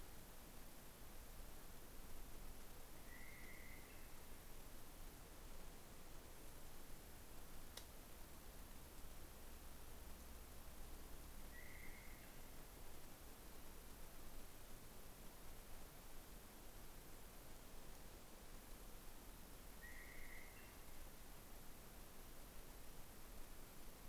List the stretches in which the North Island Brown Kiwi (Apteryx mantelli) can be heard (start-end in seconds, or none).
none